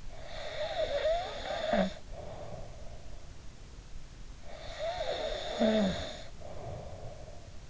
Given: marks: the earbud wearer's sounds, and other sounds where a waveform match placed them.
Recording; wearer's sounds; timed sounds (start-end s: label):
sounds in sleep by an in-ear microphone; snoring breath
0.14-3.24 s: snoring breath
4.54-7.70 s: snoring breath